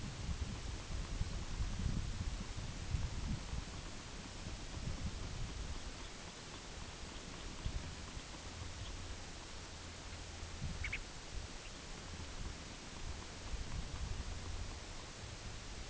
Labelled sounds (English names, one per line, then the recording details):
Long-billed Dowitcher
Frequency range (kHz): Long-billed Dowitcher 0.7-4.6 kHz
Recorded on Arctic tundra, site UTQI-8, on 8 June 2019
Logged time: 02:00